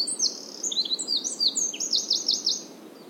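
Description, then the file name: Eurasian wren song, a rapid cascade of bright, high trills and chips that closes with a quick series of repeated sharp notes. "Troglodytes troglodytes"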